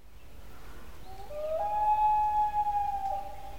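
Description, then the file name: Loon giving a long wailing call that slides upward then holds a steady, pure tone for about two seconds before dipping slightly, over a low hiss. Loons on a pond. "on Golden Pond w Loons"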